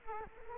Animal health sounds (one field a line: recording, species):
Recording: mosquito wingbeat signal from an infrared sensor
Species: Culex quinquefasciatus